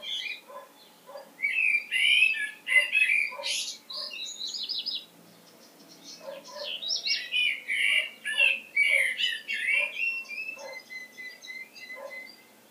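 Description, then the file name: Common blackbird calls: bursts of chattering, squeaky notes and short whistles, alternating with quieter pauses, over a repeated low pulsing note. "Turdus merula"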